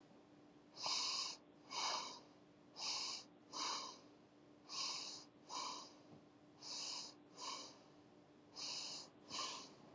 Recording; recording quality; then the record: shallow breathing; excellent, no background noise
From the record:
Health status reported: COVID-19 positive, moderate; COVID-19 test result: positive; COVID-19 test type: RT-PCR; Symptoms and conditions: cough, cold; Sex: male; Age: 23 years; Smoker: no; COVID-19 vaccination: both doses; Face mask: not worn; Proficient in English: yes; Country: United States